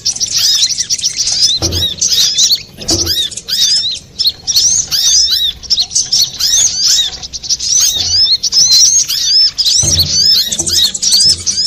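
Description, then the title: Little spiderhunter singing a fast, busy chatter of thin, high notes and slurred chips, almost unbroken, with occasional low knocks in the background. Master recording used to train cage birds. "Masteran Burung Sogok Ontong Labaik"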